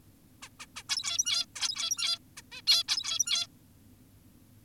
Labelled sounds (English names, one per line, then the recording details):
Zebra Finch
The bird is an adult
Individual g17y2U